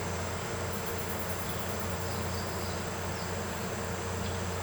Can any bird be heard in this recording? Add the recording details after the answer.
no. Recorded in pastures near Puerto Asís, Putumayo, Colombia, on 9 March 2025 at 14:00. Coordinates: 0.466, -76.322. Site CSA-02